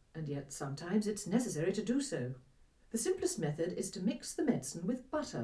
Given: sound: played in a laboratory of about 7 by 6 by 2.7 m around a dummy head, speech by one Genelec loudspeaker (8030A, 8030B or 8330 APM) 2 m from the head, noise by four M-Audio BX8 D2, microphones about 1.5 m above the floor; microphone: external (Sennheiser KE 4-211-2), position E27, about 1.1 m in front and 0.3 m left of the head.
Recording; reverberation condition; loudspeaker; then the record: female speech in English; low; 120 degrees to the left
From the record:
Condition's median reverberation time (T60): about 310 ms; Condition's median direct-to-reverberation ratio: about 3.5 dB